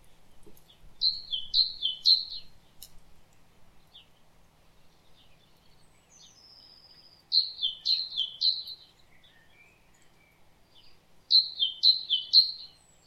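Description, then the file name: Great tit singing clear high-low paired notes, three pairs per burst, three bursts spaced several seconds apart, with a few thin chirps in between. "Parus major"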